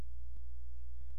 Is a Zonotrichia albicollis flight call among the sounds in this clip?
no